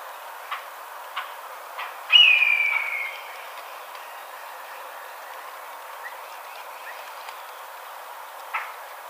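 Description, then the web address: Red-tailed hawk giving one short, slightly falling scream lasting under a second, with faint scattered ticks and soft background hiss. Recorded 27 April 2007. "Red-tailed Hawk 2007 04 27"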